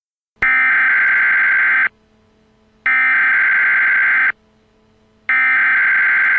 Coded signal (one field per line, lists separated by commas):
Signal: Emergency Alert System (SAME) tones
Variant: header bursts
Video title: EAS: Jacskon, Wyoming terrorist attack (I)